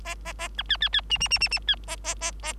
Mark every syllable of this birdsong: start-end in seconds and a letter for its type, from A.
0.04-0.15 A, 0.25-0.33 A, 0.38-0.48 A, 0.57-0.63 B, 0.69-0.77 C, 0.81-0.89 C, 0.93-1.01 C, 1.10-1.18 D, 1.20-1.28 D, 1.30-1.39 D, 1.40-1.49 D, 1.51-1.59 D, 1.67-1.75 C, 1.87-1.96 A, 2.04-2.15 A, 2.21-2.31 A, 2.42-2.53 A